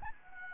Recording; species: mosquito wingbeat signal from an infrared sensor; Anopheles gambiae